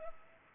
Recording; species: mosquito wingbeat signal from an infrared sensor; Culex pipiens